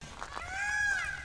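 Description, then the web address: Indian peafowl gives a single drawn-out wail that rises and then falls, after a couple of soft thuds. Male (peacock), recorded at St Germain de Livet, France, in 2001. "Holiday 2001 in France Peacock at St Germain de Livet"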